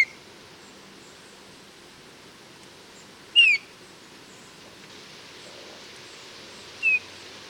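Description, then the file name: Eurasian bullfinch calls: a few brief, soft descending whistles a few seconds apart, against a steady hiss of background noise. "Pyrrhula pyrrhula"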